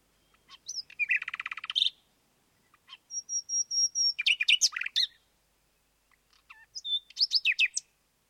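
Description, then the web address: Common nightingale song: three phrases mixing rapid repeated notes, a run of high pure whistled notes, and sharp trills, separated by short pauses. "Sound Effects-BBC Birds Nightingales"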